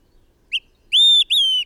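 Bird song with a brief upslurred note, then two sustained pure whistles, the second drifting gently downward; nothing else stands out.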